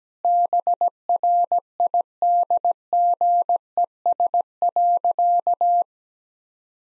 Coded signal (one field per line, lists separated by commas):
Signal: Morse code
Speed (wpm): 17 wpm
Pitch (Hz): 700 Hz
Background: none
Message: BRIDGES.